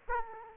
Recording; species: mosquito wingbeat signal from an infrared sensor; Aedes aegypti